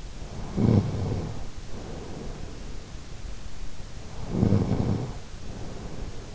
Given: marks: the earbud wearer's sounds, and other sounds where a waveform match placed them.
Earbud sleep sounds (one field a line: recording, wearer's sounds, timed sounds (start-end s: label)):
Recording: sounds in sleep by an in-ear microphone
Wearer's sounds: snoring breath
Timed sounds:
0.25-2.72 s: snoring breath
4.09-6.30 s: snoring breath